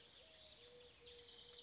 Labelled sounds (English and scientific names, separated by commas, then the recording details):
Mourning Dove (Zenaida macroura)
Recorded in Sonoma County, California